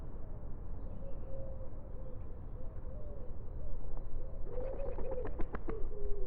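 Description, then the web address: Bird giving soft, drawn-out low notes, with a few sharp clicks near the end, over a constant low background rumble. "cianscape. Deverinetal. Bird Only"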